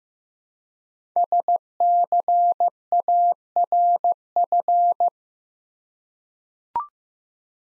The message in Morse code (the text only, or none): SCARF